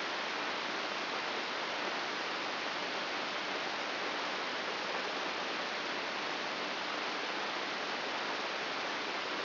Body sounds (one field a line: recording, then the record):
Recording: brain microelectrode recording played as sound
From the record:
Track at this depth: inside the subthalamic nucleus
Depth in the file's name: 6.016 mm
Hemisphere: left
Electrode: 2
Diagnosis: Parkinson's disease